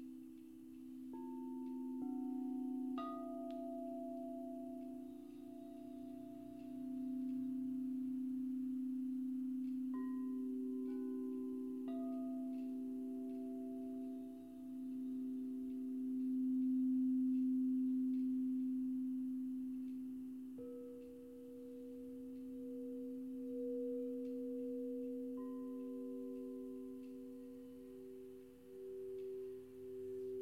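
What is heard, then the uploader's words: Crystal singing bowls ring in long, sustained tones, with a deep low drone that holds throughout and gently swells and pulses. Higher bowls are struck every few seconds, near 1, 3, 10, 12, 20 and 25 seconds, each adding a clear bright note that lingers and slowly fades. Crystal Bowl Sound Bath. 主持人思葒親自演奏水晶缽療癒音樂.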